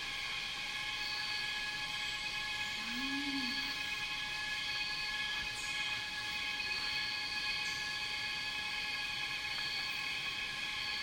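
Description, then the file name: Cicadas keep up an unbroken shrill drone; one low arched hoot from a bird sounds early on, followed by a few faint, brief high sweeping notes. Cicadas in a rainforest, heard together with birds. "cicadas and birds in rainforest"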